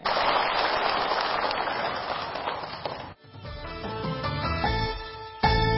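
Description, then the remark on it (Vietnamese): A dense burst of audience clapping, for a young man who answered correctly and receives a gift at a Buddhist teaching session, fills the first three seconds, then cuts off as steady instrumental music with sustained tones begins. “Chính xác, cho anh chàng pháo tay được tặng quà.”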